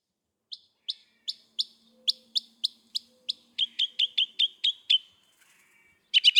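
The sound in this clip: Northern mockingbird song: a run of sharp, evenly spaced chips, then a quicker series of notes, and a short burst at the end.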